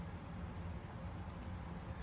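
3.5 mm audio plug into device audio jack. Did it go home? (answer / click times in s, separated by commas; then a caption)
no / none. A 3.5 mm audio plug from the amplifier is being handled at the female 3.5 mm audio jack on the back of a Rife machine, but nothing has seated or clicked yet. Only a steady low rumble and broadband hiss are heard, with no distinct snap.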